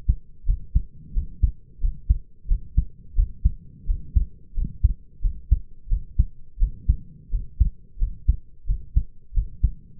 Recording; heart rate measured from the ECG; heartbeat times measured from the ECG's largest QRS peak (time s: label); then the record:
heart sounds by stethoscope; 88 bpm
0.45 s: heartbeat
1.13 s: heartbeat
1.80 s: heartbeat
2.48 s: heartbeat
3.15 s: heartbeat
3.86 s: heartbeat
4.54 s: heartbeat
5.21 s: heartbeat
5.89 s: heartbeat
6.59 s: heartbeat
7.30 s: heartbeat
7.98 s: heartbeat
8.66 s: heartbeat
9.34 s: heartbeat
From the record:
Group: healthy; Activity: rest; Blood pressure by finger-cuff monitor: 101/63 mmHg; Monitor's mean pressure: 73 mmHg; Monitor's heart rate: 90 bpm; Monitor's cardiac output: 6.4 L/min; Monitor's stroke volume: 72 mL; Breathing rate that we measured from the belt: 21 breaths a minute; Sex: male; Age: 22 years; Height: 181 cm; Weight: 60 kg